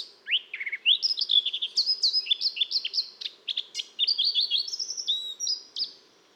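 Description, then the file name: Eurasian blackcap song, a rapid varied warble of chirps and slurred notes that climbs into clearer whistled phrases, running without pause for several seconds. "Sylvia atricapilla"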